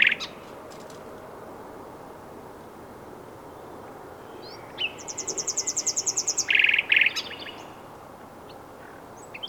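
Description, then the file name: Common nightingale song phrase: a burst of rapid, evenly repeated high notes, then a loud harsh rattling trill, over steady background hiss. "Luscinia megarhynchos"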